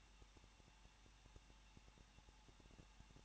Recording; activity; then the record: daily activity, microphone in the room; no activity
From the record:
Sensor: 1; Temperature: 20.1 degrees Celsius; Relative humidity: 39.1%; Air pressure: 1006.5 hPa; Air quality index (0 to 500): 216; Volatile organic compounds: 73 ppm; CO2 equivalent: 3547 ppm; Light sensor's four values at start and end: 1/2/1/1 and 1/2/1/1